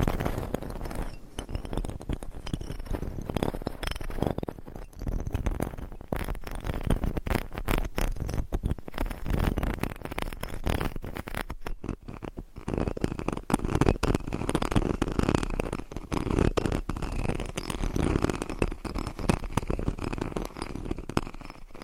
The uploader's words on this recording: ASMR Mic Scratching - Brain Scratching with Different Nail Shapes No Talking.